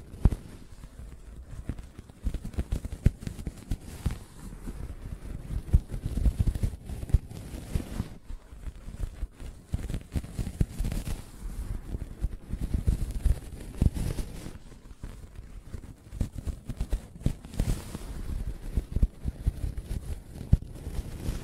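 Soft fabric surface being tapped and scratched, with dense, irregular scuffing that runs the whole time. The sound is mostly low and muffled, with frequent small taps and brushing strokes and brief brighter scratchy bursts around 8, 14 and 17 seconds.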